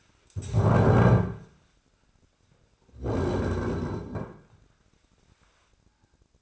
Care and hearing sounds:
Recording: daily activity, microphone in the room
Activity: stand up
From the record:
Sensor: 2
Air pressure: 1009.2 hPa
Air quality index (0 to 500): 168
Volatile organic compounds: 2 ppm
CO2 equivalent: 1234 ppm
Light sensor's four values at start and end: 39/103/44/48 and 41/109/46/50

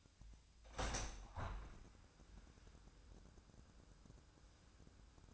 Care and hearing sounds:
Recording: daily activity, microphone in the room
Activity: open window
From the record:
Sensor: 2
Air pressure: 997.8 hPa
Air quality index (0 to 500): 129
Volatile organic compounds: 3 ppm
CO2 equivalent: 1455 ppm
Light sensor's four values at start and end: 11/32/13/12 and 11/32/13/12

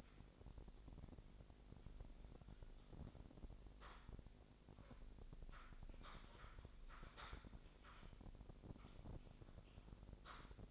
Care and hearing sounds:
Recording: daily activity, microphone in the room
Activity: typing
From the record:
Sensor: 5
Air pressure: 1007.7 hPa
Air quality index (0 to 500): 95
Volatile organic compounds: 1 ppm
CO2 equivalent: 748 ppm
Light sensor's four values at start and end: 42/98/40/42 and 41/97/40/42

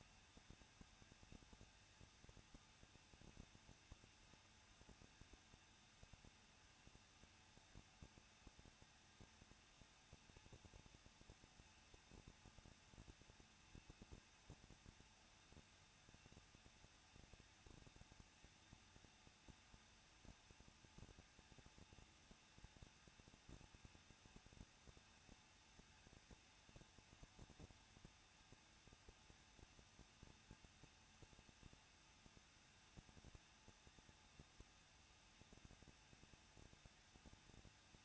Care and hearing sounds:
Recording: daily activity, microphone in the room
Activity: no activity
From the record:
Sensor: 2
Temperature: 21.0 degrees Celsius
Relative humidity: 37.5%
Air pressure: 1006.2 hPa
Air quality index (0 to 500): 224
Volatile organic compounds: 25 ppm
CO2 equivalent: 2844 ppm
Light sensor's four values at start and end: 2/3/2/2 and 2/3/2/2

